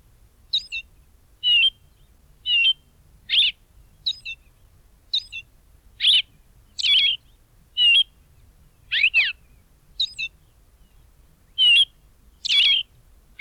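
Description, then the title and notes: Austral thrush song of brief, varied whistled and chirping phrases, delivered roughly once a second with short gaps, nothing else clearly audible. Bahía Blanca area; the only thrush species found locally; its song is described as melodious and spaced, given mainly at dawn. "Zorzal Patagónico (Turdus falcklandii) Tiene un canto melodioso y espaciado que emite predominantemente al amanecer."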